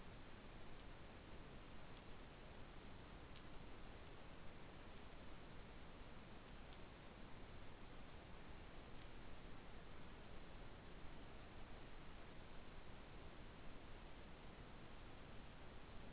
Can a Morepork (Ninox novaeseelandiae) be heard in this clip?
no